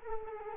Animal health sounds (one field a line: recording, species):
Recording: mosquito wingbeat signal from an infrared sensor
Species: Culex quinquefasciatus